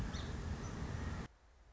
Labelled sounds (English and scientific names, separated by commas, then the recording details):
Song Sparrow (Melospiza melodia)
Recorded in Sonoma County, California